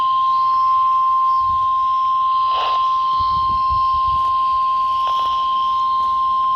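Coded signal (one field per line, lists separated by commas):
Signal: Emergency Alert System (SAME) tones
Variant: 1050 Hz attention tone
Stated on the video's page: Tornado, severe thunderstorm and special marine alerts received on weather radio station KIH28.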